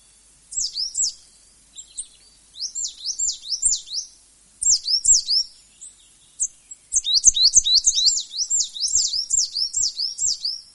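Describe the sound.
Coal tit song of thin, high-pitched swooping notes. The phrases repeat in bursts separated by brief gaps, and the last burst is longer and steadier.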